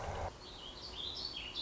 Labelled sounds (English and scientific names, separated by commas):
Song Sparrow (Melospiza melodia)